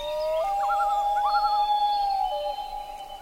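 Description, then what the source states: Loon wail: a long, smooth tone rising and then held steady, with other wavering calls overlapping. Nests in summer in the boreal forest at the edge of the Arctic.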